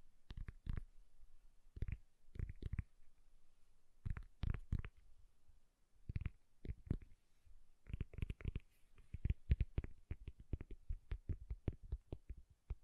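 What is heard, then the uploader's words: Soft, bassy tapping comes in short clusters of quick knocks separated by brief pauses, each tap thudding low with a little crisp click on top. After about eight seconds the taps grow denser and faster, running in a steady, irregular patter to the end. ASMR Bassy and Soft Tapping Sounds. No Talking.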